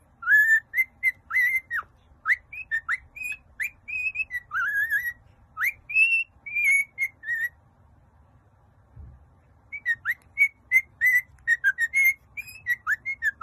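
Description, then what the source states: Cockatiel whistling quick, bent notes in a lively stream, going quiet for a few seconds, then another run of short whistles. Cockatiels singing and whistling, more than one bird.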